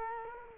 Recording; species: mosquito wingbeat signal from an infrared sensor; Culex quinquefasciatus